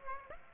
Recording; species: mosquito wingbeat signal from an infrared sensor; Aedes aegypti